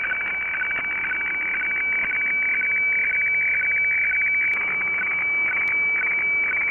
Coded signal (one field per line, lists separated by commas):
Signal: weather fax (radiofax)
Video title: Sorcerer decodes HF WX Fax